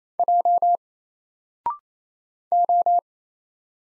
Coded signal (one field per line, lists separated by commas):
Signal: Morse code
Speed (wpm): 28 wpm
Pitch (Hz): 700 Hz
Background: none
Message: J O